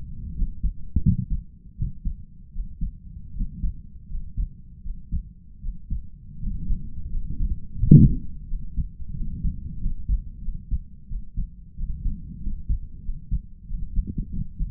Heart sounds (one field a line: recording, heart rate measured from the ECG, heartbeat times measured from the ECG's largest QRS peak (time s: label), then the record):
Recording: heart sounds by stethoscope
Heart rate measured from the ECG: 86 bpm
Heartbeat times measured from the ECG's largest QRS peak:
0.34 s: heartbeat
1.00 s: heartbeat
1.75 s: heartbeat
2.51 s: heartbeat
3.33 s: heartbeat
4.07 s: heartbeat
4.81 s: heartbeat
5.60 s: heartbeat
6.38 s: heartbeat
7.09 s: heartbeat
7.78 s: heartbeat
8.46 s: heartbeat
9.13 s: heartbeat
9.78 s: heartbeat
10.40 s: heartbeat
11.06 s: heartbeat
11.74 s: heartbeat
12.39 s: heartbeat
13.01 s: heartbeat
13.66 s: heartbeat
14.29 s: heartbeat
From the record:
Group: healthy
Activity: rest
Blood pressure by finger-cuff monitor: 117/74 mmHg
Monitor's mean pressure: 87 mmHg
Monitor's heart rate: 82 bpm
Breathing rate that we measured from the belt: 21 breaths a minute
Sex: male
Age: 22 years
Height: 181 cm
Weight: 60 kg